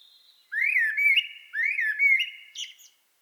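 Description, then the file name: Common blackbird giving two near-identical mellow warbled phrases in succession, the second ending in a thin squeaky flourish, then silence. "Turdus merula"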